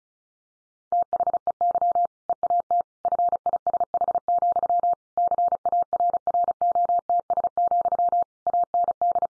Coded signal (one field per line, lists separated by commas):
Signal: Morse code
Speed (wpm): 34 wpm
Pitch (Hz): 700 Hz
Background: none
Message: THEY EAT FISH, CARROTS, AND